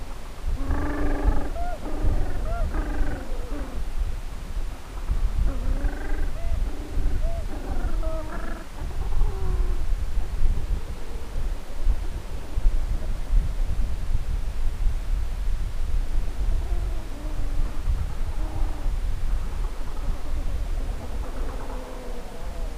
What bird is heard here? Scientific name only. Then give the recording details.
Pygoscelis papua. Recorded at the colony at Heroina Island, Antarctica, on 10 December 2015. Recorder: Song Meter SM2+